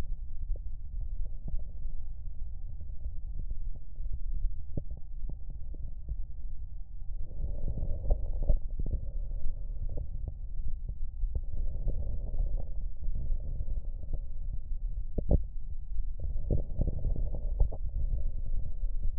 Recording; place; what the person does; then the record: lung sounds by stethoscope; right anterior apical chest; quiet breathing, then deep breathing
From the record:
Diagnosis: interstitial lung disease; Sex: male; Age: 66 years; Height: 172 cm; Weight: 107.6 kg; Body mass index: 36.4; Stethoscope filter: extended mode